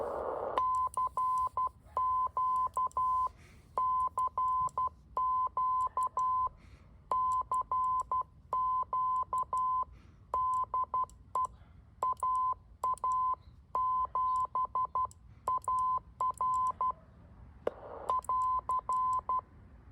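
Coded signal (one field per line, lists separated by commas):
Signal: Morse code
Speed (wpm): 12 wpm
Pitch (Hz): 1020 Hz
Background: none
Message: CQ CQ CQ DE AA7AR <AR>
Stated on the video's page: QRP backyard portable CW attempt with MFJ-9040 rig, MFJ-971 tuner, battery power, MFJ keyer and a short 40 m vertical.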